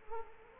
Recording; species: mosquito wingbeat signal from an infrared sensor; Culex quinquefasciatus